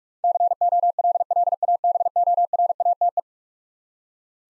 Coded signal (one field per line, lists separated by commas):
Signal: Morse code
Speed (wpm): 44 wpm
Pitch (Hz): 700 Hz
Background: none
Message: COLLABORATE